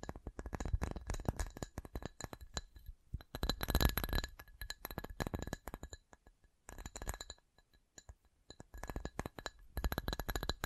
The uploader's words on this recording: ASMR 10 Levels of Tapping Tingle Immunity Treatment (No Talking).